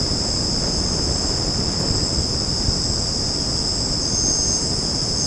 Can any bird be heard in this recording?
no